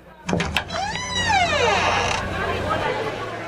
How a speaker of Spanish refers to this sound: Se abre la puerta del bar de Y Así Nos Va.